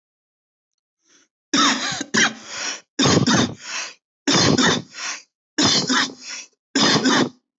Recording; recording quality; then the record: shallow voluntary cough; excellent, no background noise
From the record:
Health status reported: healthy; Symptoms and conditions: none ticked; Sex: male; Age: 27 years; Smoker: not ticked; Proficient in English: yes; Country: India